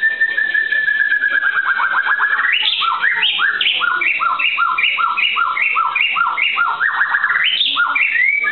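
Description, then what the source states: White-rumped shama song opening with a long steady whistle that dips slightly, then a string of short, evenly spaced clipped notes alternating between two pitches. Song-training (masteran) material for white-rumped shama.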